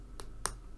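Plastic washer backs are pushed onto the posts of plastic safety eyes set in a crocheted amigurumi body, and they snap into place with two sharp clicks at 0.2 and 0.5 seconds, the second one louder. The backs are seated on the eye posts.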